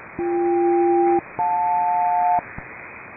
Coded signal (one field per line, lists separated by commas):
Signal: aircraft SELCAL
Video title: Aircraft selective calling SELCAL | Signal Phantom